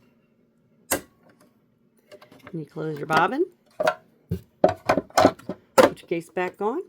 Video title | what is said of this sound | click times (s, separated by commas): Thread the Janome New Home | And just push it until it clicks. | 0.9 s